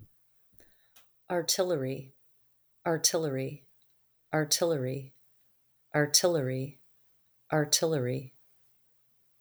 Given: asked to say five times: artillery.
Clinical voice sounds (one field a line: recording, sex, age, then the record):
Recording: repeated word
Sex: female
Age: 40 to 49 years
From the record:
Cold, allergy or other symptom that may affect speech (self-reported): no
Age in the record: 49 years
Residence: Michigan, United States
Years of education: 15